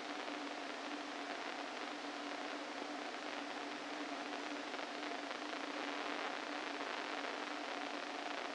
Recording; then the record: brain microelectrode recording played as sound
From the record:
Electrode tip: inside the subthalamic nucleus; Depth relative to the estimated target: -2 mm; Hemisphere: left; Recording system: NeuroSet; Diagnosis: Parkinson's disease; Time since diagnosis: 13 years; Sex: male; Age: 49 years